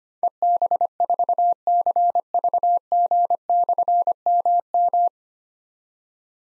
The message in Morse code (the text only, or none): EB4CVG/MM